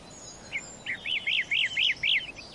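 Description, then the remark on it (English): A bird sings a quick series of high, arching chirps, about seven repeated notes in a steady rhythm, with a thin high whistle above and faint background hiss. “The birds have lost their fear.”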